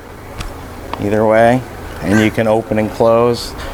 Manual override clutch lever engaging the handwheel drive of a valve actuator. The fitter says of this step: is activated by pushing the lever down and then turning you'll hear it click